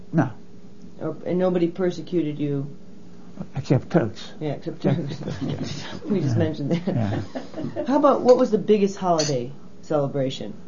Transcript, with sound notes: No.
And nobody persecuted you.
Except Turks.
Yeah except Turks. (both laugh) We just mentioned that. How 'bout, what was the biggest holiday celebration?